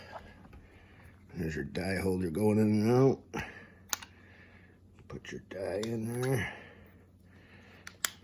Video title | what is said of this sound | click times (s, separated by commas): Huskie tools EP-510 hydraulic crimper | make sure she snaps in place she snapped in | 8.0 s